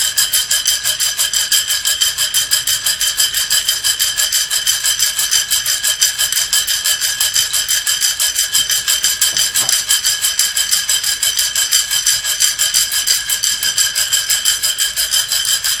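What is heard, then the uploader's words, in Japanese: Green coffee beans are roasted, tumbling with a fast, even rattle that repeats several times a second for the whole clip. The sound is bright and hissy, with a light metallic jingle and almost nothing in the low end. It stays steady throughout. 今朝は”キリマンジャロブレンド”生豆を焙煎。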